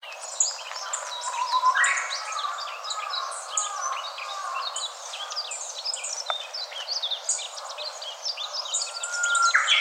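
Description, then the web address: Warbling white-eye calls in a dense stream of high, thin chirps and twitters, overlapping continuously as from several birds, with soft background hiss. Recorded 17 March 2017. "birdenaga mejiro 170317"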